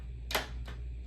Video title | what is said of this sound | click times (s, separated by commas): Apple Mac Pro 6,1 2013 Ram Upgrade | RAM snaps out, DIMMs come out. | 0.3 s